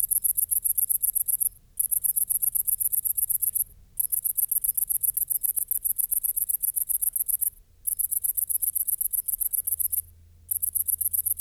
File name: Tettigonia viridissima